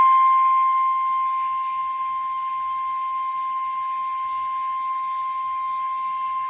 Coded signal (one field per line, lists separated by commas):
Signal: Emergency Alert System (SAME) tones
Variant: 1050 Hz attention tone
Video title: (EAS 135-140) EAS Alerts from 2/22/2021